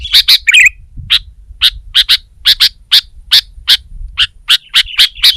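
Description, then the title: Sooty-headed bulbul giving sharp chips roughly twice per second, with a quick warbled note near the start, in otherwise quiet surroundings. "kutilang"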